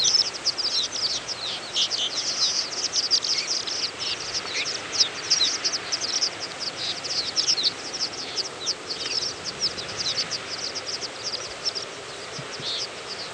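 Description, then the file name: Horned lark flock calls: a dense, continuous chatter of many high, short twittering notes from numerous birds over constant background noise. "holaflok"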